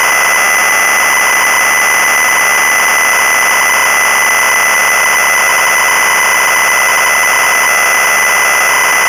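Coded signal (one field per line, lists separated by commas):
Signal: ZX Spectrum tape loading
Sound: continuous harsh raspy buzz with a steady high whine and fast rhythmic warbling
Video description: Versión para ZX Spectrum de la canción Bibo, con su carga y todo.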